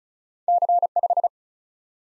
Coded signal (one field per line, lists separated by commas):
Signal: Morse code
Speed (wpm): 46 wpm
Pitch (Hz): 700 Hz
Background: none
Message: C 5